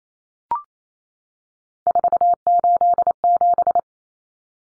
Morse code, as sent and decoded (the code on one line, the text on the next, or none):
....- ---.. --...
487